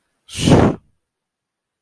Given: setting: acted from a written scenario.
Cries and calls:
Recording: vocal sound without words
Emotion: guilt

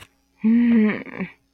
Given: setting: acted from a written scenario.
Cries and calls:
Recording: vocal sound without words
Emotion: guilt

